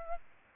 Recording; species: mosquito wingbeat signal from an infrared sensor; Aedes albopictus